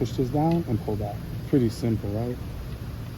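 A windshield wiper blade with a plastic adapter is handled at the metal wiper arm hook on a 2022 Jeep Grand Cherokee while someone talks over a low background hum. The blade is meant to snap onto the arm, but nothing has seated or clicked yet.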